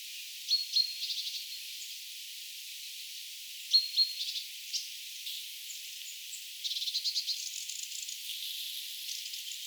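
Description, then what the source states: Mistle thrush rattling calls, scattered dry bursts, then a long stuttering rattle near the end against low hiss. Recorded 7 October 2024.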